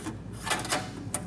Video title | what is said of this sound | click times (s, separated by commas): Waterless Steamer Cleaning Video | see push down and lock into place | 1.1 s